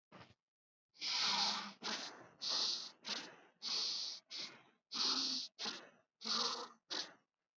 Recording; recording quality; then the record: shallow breathing; excellent, no background noise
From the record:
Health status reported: healthy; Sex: male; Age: 30 years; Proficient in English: yes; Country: India